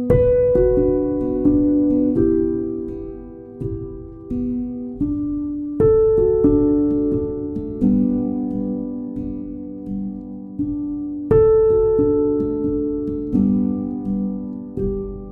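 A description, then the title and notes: At Hoyt Arboretum in Portland, Oregon, clear pitched tones ring out one after another, like struck chimes or a plucked melody, each note sustaining and fading. Fresh bright strikes come near the start, around six seconds and around eleven seconds, with softer notes between. Hoyt Arboretum in Portland Oregon. A field recording only.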